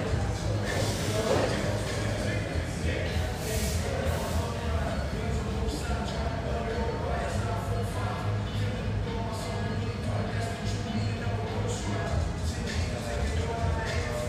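Café ambience with steady overlapping chatter, occasional brighter clinks and clatter, and a low continuous hum underneath throughout the whole stretch.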